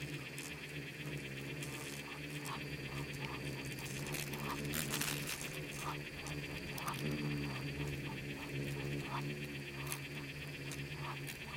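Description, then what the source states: Swarming insects give a dense droning hum with rapid pulsed buzzing and many short clicks. Bugs and beetles swarming in the Namib desert, recorded as part of its micro-sound soundscape.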